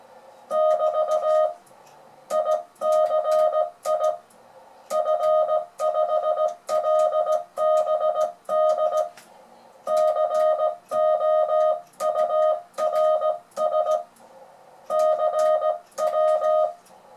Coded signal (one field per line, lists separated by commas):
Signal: Morse code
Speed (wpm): 17 wpm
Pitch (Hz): 620 Hz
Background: music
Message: <BT> ICI F5LBD COURS CW